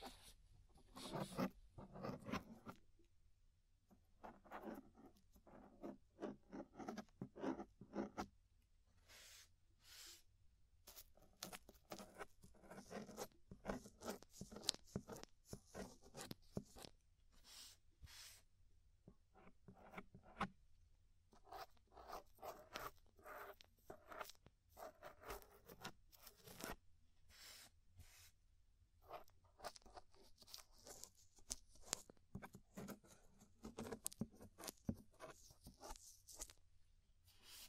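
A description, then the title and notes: Ear scraping sounds continue throughout, with dense, bright, irregular scratches and rubs in quick bursts and brief pauses, over a low steady hum. Inner and Outer Ear Scraping (No Talking).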